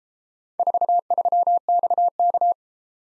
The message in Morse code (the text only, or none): 43XK